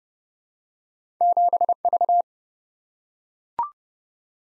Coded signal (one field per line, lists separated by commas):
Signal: Morse code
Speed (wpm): 30 wpm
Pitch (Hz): 700 Hz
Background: none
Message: 7V